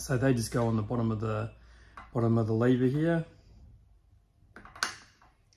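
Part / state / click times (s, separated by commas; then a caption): washer onto the bottom of a short-shifter lever at the bearing / seated / 4.8 s. Someone talks while a washer, one of those that sit on either side of the dual bearings, is pressed onto the bottom of the shift lever of an Infiniti G Series short shifter. After some quiet handling noises, a sharp click at 4.8 s marks the washer snapping into place, seated.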